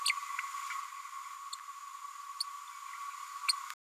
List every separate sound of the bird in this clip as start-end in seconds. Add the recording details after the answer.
2.40-2.43. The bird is a female. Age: 32 days. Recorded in a nest box in Venezuela. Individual 17B102A5